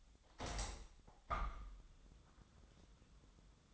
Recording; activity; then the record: daily activity, microphone in the room; open window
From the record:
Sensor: 3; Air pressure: 1004.6 hPa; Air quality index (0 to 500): 108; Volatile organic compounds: 4 ppm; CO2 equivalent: 1699 ppm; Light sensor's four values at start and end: 7/16/6/6 and 7/16/6/6